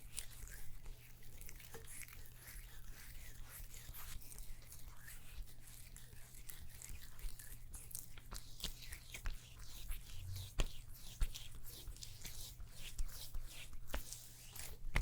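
A neck and shoulder massage with soft rubbing and brushing strokes on skin and fabric, dense and continuous throughout. Sharp little taps and clicks pop through irregularly, a few louder ones near the tenth and fourteenth seconds, over a steady low hum.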